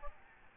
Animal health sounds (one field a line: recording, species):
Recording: mosquito wingbeat signal from an infrared sensor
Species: Aedes albopictus